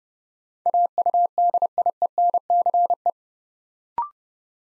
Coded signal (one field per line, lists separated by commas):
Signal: Morse code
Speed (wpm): 30 wpm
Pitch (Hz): 700 Hz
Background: none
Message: AUDIENCE